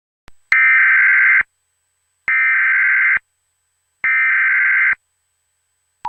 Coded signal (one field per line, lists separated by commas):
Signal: Emergency Alert System (SAME) tones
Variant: header bursts